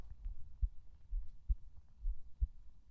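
Steady low thumps about 67 a minute in a regular rhythm: an adult's own normal, healthy heartbeat, a heart alive and beating well.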